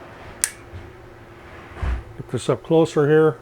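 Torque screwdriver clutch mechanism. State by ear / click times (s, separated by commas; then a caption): torque reached / 0.4 s. A Vevor torque screwdriver, held up close with pliers, is turned until its clutch mechanism gives a single sharp click at 0.4 s, showing it has reached its set torque point. Someone talks afterward.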